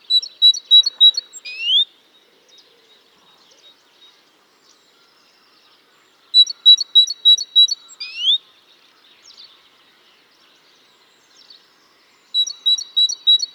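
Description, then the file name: Great tit giving bursts of fast, evenly repeated high notes, the first two ending in a rising slur, with about four seconds of near silence between phrases. "Parus major"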